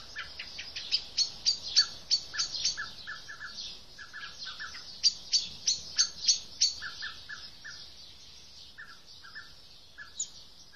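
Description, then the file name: Common blackbird repeating hard, high chink notes in quick series that fade out, mixed with lower short clucking notes continuing after the chinks slow. "Turdus merula"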